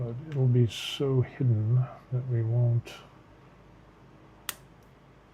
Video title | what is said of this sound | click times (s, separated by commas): Building the Necron Ghost Ark Part 2 | Boom. And that snaps into place. | 4.5 s